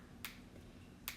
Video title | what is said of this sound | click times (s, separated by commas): More Great Holiday Gift ideas with Cathy Pedrayes | and you close it it has a little let's see if you can hear the snap | 1.1 s